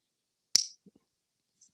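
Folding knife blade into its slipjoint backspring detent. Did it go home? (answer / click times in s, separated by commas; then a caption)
yes / 0.6 s. A carbon fiber slipjoint pocket knife blade is opened and snaps into its open position in the backspring detent with a sharp click at 0.6 s. Two faint low thumps follow near 0.9 s, and a soft high tick comes at about 1.6 s. The blade does not lock; it just snaps into place.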